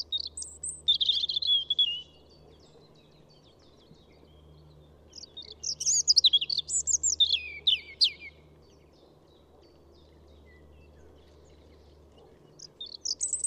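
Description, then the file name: European robin song in high, fluid phrases of sweet warbled notes and descending trills, with quiet pauses between bursts and another phrase starting at the end. "Pettirosso"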